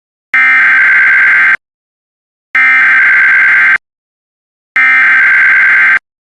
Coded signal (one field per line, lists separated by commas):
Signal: Emergency Alert System (SAME) tones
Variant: header bursts